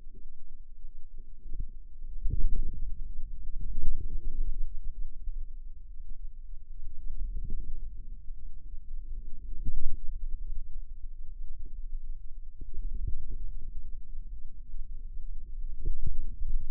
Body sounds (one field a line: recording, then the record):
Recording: forearm muscle sounds (acoustic myography)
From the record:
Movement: radial deviation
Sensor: system 2, bracelet of six BSWA MPA416 microphones around the upper forearm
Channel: 5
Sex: female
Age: 23 years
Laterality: right